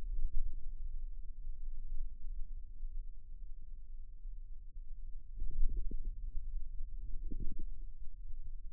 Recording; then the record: forearm muscle sounds (acoustic myography)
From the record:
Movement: radial deviation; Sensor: system 2, bracelet of six BSWA MPA416 microphones around the upper forearm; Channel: 4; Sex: male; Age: 22 years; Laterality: right